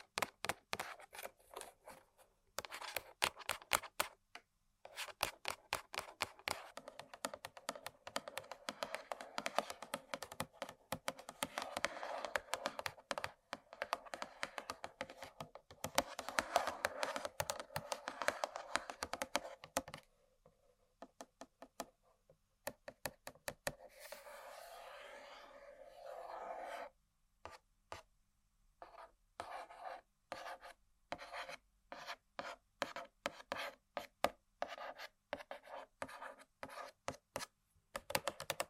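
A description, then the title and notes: Dry tapping and scratching on objects: rapid clicky taps fill the first twenty seconds, with denser scratchy bursts around 10 and 17 seconds. After a brief pause, a smoother steady scratch runs from about 23 to 27 seconds, then sparser taps follow. ASMR Tapping & Scratching On Random Objects (No Talking).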